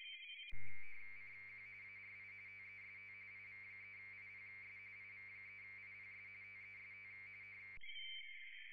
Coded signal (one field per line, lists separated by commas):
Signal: RTTY